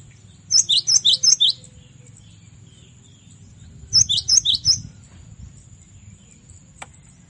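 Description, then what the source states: Cinereous tit song in two rapid runs of four to five high, sharp, repeated notes, a few seconds apart, with a steady high hiss behind. Masteran recording, used as training audio for caged songbirds.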